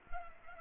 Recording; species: mosquito wingbeat signal from an infrared sensor; Culex pipiens